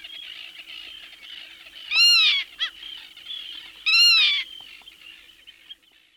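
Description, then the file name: Black-tailed godwit calls: two loud, nasal, harmonic calls about two seconds apart, over a dense, continuous chatter of many other birds. "British Library - Black-tailed Godwit"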